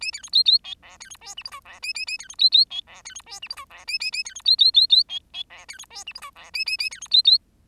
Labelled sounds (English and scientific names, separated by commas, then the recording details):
Bengalese Finch (Lonchura striata domestica) song
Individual Bird10